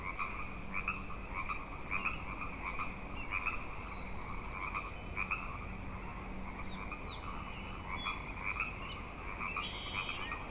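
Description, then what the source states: Frog chorus, dense overlapping croaks and trills in two bands, steady throughout, with a few faint bird notes near the end. Frog chorus tuning up at Grafton Lake, 3 May 2009.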